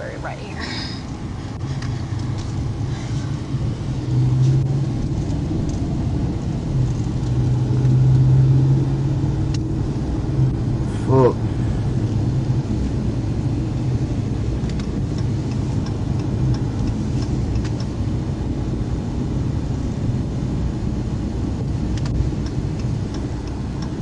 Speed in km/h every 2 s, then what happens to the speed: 16, 21, 32, 39, 42, 45, 48, 48, 47, 47, 47, 44.
0-12 speeds up to 48. 12-20 steady at about 47.